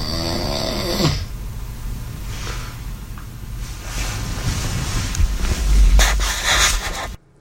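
Low, rough, rumbling breathing noises of a sleeping adult man at 3 a.m., uneven in rhythm, building to a louder, harsher snort near the end before stopping abruptly. This is typical snoring, the vibration of relaxed throat tissues during sleep, here in a man suspected of having sleep apnea.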